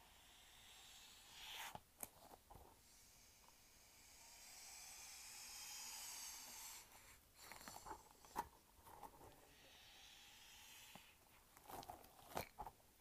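A light-up ball is squished and shaken, making soft airy hissing swells broken by sharp rattling clicks in bursts near two, eight and twelve seconds.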